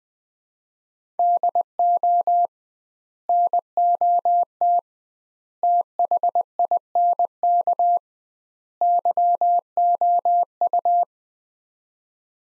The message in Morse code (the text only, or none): DO NOT THINK YOU